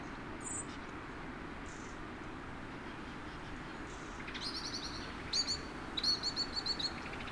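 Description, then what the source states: Common starling calls: thin, high whistled and buzzy notes in short repeated bursts over a steady background hiss, clustering in the last few seconds. About 10,000 starlings coming in to roost.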